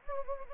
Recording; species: mosquito wingbeat signal from an infrared sensor; Anopheles gambiae